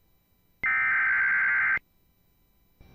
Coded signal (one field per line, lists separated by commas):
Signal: Emergency Alert System (SAME) tones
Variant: header bursts